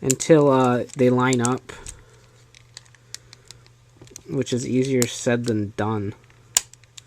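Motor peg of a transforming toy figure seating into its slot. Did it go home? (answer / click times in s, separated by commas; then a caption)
yes / 6.6 s. Someone talks while tugging on the plastic body of a Transformers Alternity Bumble figure so the little peg on its Suzuki motor lines up with its slot, with faint plastic clicks in between. At 6.6 s a sharp, loud snap is heard as the motor peg pulls into place and seats, followed by a few softer clicks.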